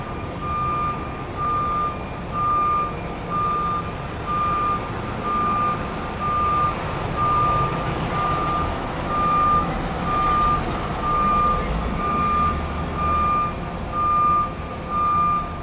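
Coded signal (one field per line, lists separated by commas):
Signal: alarm pattern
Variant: truck reversing alarm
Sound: steady repeating mid-pitched beeps, roughly one per second, over a rumbling truck engine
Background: truck engine rumble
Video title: Reverse Truck Beeping Ambience Sound Effect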